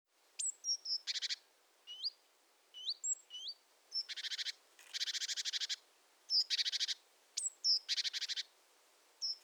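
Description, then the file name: Great tit calls: sharp high whistled notes alternating with harsh buzzy chattering bursts, repeated in irregular bouts throughout. "Parus major"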